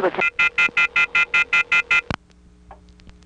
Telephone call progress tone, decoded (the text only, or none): off-hook warning tone